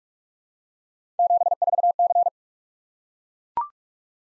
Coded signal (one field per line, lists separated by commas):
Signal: Morse code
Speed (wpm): 44 wpm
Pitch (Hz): 700 Hz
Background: none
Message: 74C